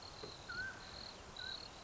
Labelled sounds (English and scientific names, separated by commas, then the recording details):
Mountain Quail (Oreortyx pictus)
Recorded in Sonoma County, California